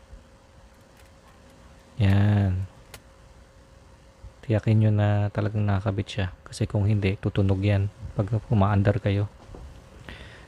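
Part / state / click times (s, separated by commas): plastic console trim panel into the dashboard / seated / 2.9 s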